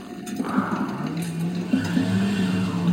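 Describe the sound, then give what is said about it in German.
A car engine hums and gradually climbs in pitch as the vehicle pulls away and accelerates, a steady low drone with no voices over it. “Ich habe mich in ein Auto gesetzt und bin losgefahren.”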